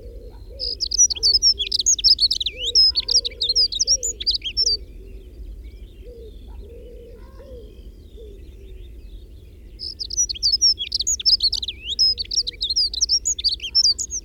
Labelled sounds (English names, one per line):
Dunnock song